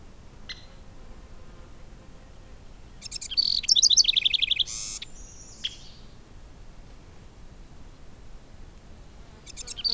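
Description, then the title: Bird song: one dense phrase of fast, twittering high notes ends in a harsh buzzy note. A single short chip sounds near the start, and another phrase begins at the very end. "neoscenes: birds"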